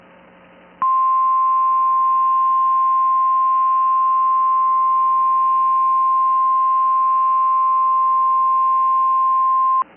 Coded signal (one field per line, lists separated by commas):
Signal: Emergency Alert System (SAME) tones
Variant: 1050 Hz attention tone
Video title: EAS Mini-Timeline Upper-Midwest Blizzard and Snow Squall Warnings NOAA Weather Radio